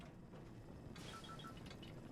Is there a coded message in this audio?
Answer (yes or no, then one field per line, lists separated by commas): no